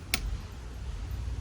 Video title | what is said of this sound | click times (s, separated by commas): Que es un torquimetro y para que lo necesitamos? (explicación fácil de entender) | ¿Oyeron un clic? Ese quiere decir que ya está a la presión adecuada. | 0.1 s